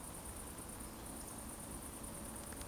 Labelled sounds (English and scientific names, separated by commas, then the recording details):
Eurasian Woodcock (Scolopax rusticola) whistle
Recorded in Baden-Württemberg, Germany, on 25 June 2020 at 20:17 UTC
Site 14569, 102 m above sea level